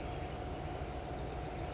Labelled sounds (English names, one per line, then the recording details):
California Towhee
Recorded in Sonoma County, California